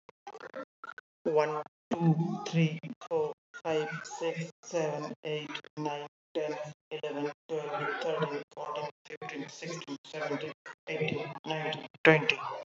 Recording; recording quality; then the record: counting at a normal pace; moderate, slight background noise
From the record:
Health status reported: healthy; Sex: male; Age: 30 years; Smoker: yes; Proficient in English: yes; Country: India